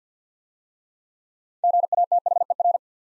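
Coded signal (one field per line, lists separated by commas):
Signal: Morse code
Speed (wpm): 50 wpm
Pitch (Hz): 700 Hz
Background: none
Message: GATHER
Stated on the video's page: Six-letter words in Morse at 50wpm for head-copy practice; first three letters spoken, word sent, spoken, then sent again.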